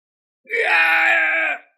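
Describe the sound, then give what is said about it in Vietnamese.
The Holy Lord of Vạn Sơ, half his body shattered, lets out one loud, anguished scream of pain, a strained, strongly voiced cry held steady for about a second before cutting off, with nothing else around it. “Thánh chủ Vạn Sơ hét thảm một tiếng, nửa người nát bấy, lập tức bỏ chạy như gặp quỷ vậy.”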